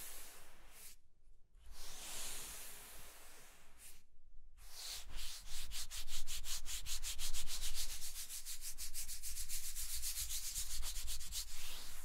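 Scratching and rubbing strokes, a dry, bright, hissy scraping that runs almost continuously. Two short breaks fall near one and four seconds; after about five seconds the strokes turn into rapid, regular back-and-forth scratches that repeat steadily to the end.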